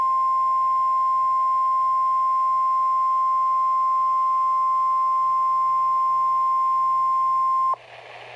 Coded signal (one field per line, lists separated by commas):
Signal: Emergency Alert System (SAME) tones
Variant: 1050 Hz attention tone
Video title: Real EAS Alert #33 - Severe Thunderstorm Warning (5/17/2018)